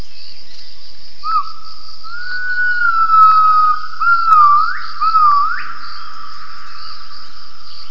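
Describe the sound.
Gibbon call: a sustained whistled note with a few sharp upward swoops near the end, over a steady high background hiss.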